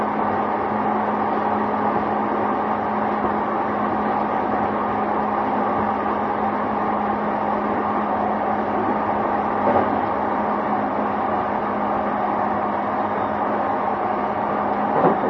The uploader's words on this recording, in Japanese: JRE233系 横浜ー小田原。ICレコダーで録音しています。乗車の列車は小田原行の列車です。JRE233系3000番台〜。